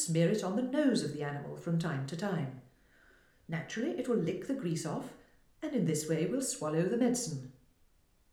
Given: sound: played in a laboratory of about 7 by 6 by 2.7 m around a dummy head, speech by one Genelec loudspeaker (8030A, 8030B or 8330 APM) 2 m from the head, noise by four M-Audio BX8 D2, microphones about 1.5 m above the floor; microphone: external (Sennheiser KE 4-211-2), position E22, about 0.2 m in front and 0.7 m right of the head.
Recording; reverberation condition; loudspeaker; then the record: female speech in English; medium; 90 degrees to the right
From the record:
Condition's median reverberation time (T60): about 510 ms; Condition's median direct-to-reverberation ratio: about -0.5 dB